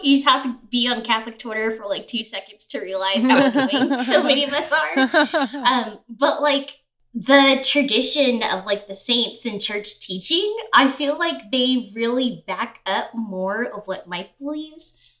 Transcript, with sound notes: You just have to be on Catholic Twitter for two seconds to realize how annoying so many of us are. [laughter] But the tradition of the saints in church teaching, I feel like they really back up more of what Mike believes.